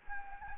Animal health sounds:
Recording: mosquito wingbeat signal from an infrared sensor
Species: Anopheles gambiae

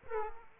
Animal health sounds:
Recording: mosquito wingbeat signal from an infrared sensor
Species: Aedes aegypti

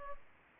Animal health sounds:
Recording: mosquito wingbeat signal from an infrared sensor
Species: Aedes aegypti

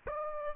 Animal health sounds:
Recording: mosquito wingbeat signal from an infrared sensor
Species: Aedes aegypti

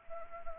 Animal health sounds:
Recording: mosquito wingbeat signal from an infrared sensor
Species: Anopheles arabiensis

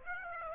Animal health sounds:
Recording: mosquito wingbeat signal from an infrared sensor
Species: Aedes aegypti

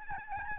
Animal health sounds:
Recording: mosquito wingbeat signal from an infrared sensor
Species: Aedes albopictus

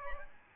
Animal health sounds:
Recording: mosquito wingbeat signal from an infrared sensor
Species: Aedes albopictus

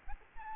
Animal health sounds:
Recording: mosquito wingbeat signal from an infrared sensor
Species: Aedes albopictus

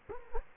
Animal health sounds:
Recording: mosquito wingbeat signal from an infrared sensor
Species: Culex quinquefasciatus

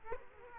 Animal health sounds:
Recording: mosquito wingbeat signal from an infrared sensor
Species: Culex quinquefasciatus

